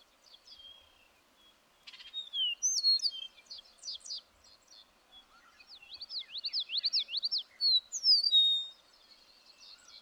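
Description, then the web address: Bird song: extended high twittering with quick slurred notes, growing into a dense run of rapid repeated sweeps and a loud falling whistle near the end. "birdsong 162"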